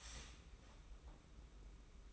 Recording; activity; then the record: daily activity, microphone in the room; start toaster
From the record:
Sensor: 1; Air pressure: 991.6 hPa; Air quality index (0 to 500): 171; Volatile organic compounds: 1000 ppm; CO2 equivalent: 6456 ppm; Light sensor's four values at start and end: 33/109/42/44 and 33/109/42/44